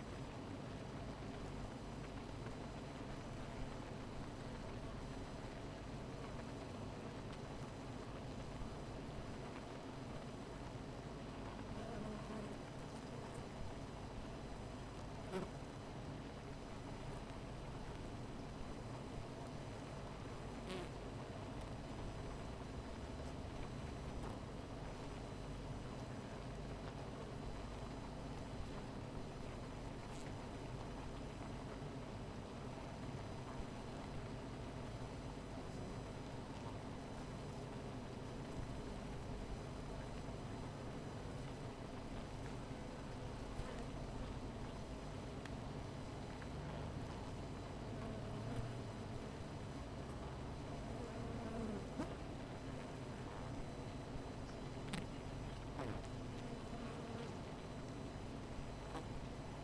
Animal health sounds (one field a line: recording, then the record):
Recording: honeybee colony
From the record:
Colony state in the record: missing queen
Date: 14 July 2017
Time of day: 17:06